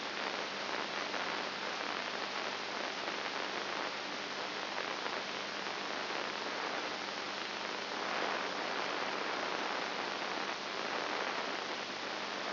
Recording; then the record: brain microelectrode recording played as sound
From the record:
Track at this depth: inside the subthalamic nucleus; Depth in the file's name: 5.5 mm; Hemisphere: right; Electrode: 2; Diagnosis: Parkinson's disease